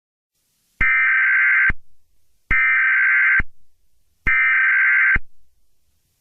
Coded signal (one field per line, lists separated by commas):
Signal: Emergency Alert System (SAME) tones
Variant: header bursts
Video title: EAS Scenario #13: Piggy